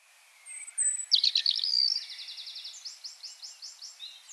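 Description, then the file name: European robin song, a bright tumbling phrase that runs into a series of repeated high notes. "Erithacus rubecula"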